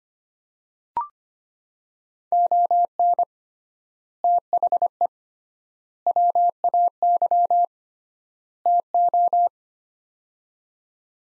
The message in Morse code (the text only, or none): ON THE WAY TO